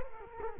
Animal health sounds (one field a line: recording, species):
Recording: mosquito wingbeat signal from an infrared sensor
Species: Culex quinquefasciatus